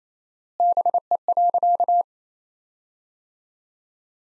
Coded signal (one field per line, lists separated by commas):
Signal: Morse code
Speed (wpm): 27 wpm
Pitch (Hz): 700 Hz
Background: none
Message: BE.